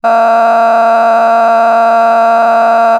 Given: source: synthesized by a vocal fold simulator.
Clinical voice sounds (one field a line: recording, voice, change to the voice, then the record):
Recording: sustained vowel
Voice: female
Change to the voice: a random mix of aspiration noise, stiffness perturbation and strain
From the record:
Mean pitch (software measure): 229 Hz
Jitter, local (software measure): 2.07%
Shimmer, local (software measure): 5.9%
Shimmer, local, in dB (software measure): 0.52 dB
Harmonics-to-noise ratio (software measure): 15.0 dB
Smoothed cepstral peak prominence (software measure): 14.9 dB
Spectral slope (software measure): -18.8 dB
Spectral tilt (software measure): -10.9 dB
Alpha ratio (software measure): -9.3 dB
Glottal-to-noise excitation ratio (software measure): 0.959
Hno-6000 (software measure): 2.1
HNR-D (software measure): 35.1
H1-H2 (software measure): -2.6 dB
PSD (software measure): 7.8e-05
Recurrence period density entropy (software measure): 0.119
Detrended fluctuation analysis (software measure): 0.0113